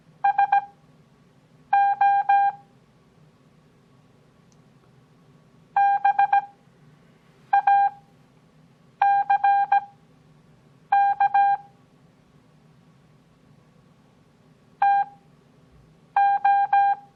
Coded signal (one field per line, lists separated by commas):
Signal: Morse code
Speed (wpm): 17 wpm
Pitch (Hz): 800 Hz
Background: none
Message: SO BACK TO